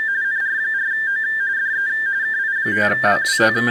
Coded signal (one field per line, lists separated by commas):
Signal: RTTY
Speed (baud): 45.45 baud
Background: speech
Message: NR4O DE KI5WWT